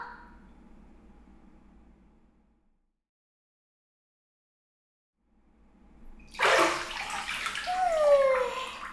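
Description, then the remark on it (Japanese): After a long near-silent stretch, a shower suddenly starts, its broad hissing spray of water splashing over a body to rinse it off after washing, before getting into the bath, continuing steadily until the end, with no one speaking. “もうお姉ちゃん、ここまでやったならシャワーで流してからお風呂入ってよ。”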